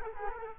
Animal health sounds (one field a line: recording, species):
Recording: mosquito wingbeat signal from an infrared sensor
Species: Culex quinquefasciatus